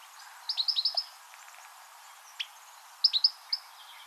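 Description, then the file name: European goldfinch calls: a fast run of high, clipped twittering notes, one isolated chip, then a second shorter cluster of bright notes. "Carduelis carduelis"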